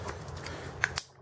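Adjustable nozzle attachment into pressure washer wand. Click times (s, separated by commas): 0.8 s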